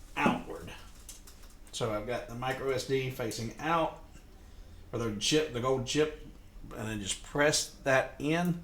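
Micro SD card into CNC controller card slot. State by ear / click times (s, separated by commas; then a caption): not seated / none. A micro SD card, gold contacts facing out, is handled and pressed toward the spring-lock card slot on a CNC control panel while someone talks. The card has not yet clicked or locked into place by the end of the clip.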